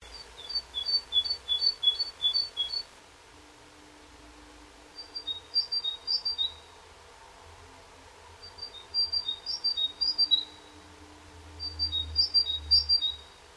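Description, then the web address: Bird calls: bursts of high, sharp chirps in rapid runs, each burst lasting a second or two, separated by short pauses, over a faint low rumble. Nest box; 6 January 2006. "nistkasten 20060106"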